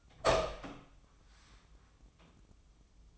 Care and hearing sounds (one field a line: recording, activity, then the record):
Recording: daily activity, microphone in the room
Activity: open door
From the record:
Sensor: 1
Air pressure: 1005.0 hPa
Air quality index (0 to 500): 81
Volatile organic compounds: 2 ppm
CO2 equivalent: 1084 ppm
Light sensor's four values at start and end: 9/23/9/10 and 9/23/9/10